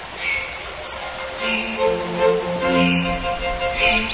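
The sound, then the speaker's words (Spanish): A goldfinch in a forest trills and calls without pause, bright twittering chirps and quick warbled phrases rising and falling, with a sharp high note near the start and no voices. “El jilguero empezó a buscarlos por todas partes. Llorando y trinando, todo el bosque resonaba con sus desesperados reclamos, pero nadie respondía.”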